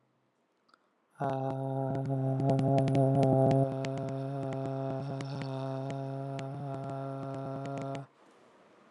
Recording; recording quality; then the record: sustained vowel as in made; excellent, no background noise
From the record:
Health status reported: COVID-19 positive, mild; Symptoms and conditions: cough, sore throat, fever, muscle pain, loss of smell and taste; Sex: male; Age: 38 years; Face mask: not worn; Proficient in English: yes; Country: India